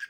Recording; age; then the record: pig call; piglet (1 to 25 days)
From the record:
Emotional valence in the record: positive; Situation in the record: reunion after long isolation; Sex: male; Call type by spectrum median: low-frequency call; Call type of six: low-frequency tonal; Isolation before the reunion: 8 minutes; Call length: 0.10 s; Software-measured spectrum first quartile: 1625 Hz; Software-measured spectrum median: 1739 Hz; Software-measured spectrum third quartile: 3082 Hz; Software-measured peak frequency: 1631 Hz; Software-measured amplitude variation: 243 dB a second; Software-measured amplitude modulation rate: 5.1 a second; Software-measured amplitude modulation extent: 48.0 dB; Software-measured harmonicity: 10.5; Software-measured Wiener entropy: -3.16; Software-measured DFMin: 744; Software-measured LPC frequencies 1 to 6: 1627, 2570, 3228, 4689, 5065, 5675 Hz